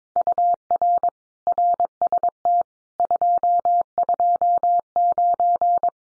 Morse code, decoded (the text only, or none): UR RST 229